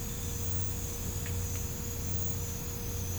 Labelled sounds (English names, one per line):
none